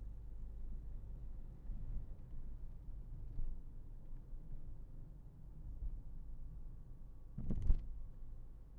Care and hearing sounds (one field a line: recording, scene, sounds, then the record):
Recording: everyday scene through a hearing-aid microphone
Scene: in a vehicle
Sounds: engine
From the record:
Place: Berlingo II, diesel engine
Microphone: behind the ear, left, front